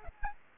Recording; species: mosquito wingbeat signal from an infrared sensor; Aedes albopictus